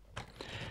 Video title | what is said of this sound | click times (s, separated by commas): PLAYMOBIL Space Raumstation 9487 von 2018 und Luca Parmitano, die erste Figur im All Unboxing | Der rote Riegel rastet ein und muss beim Abnehmen wieder gelöst werden. | 0.2 s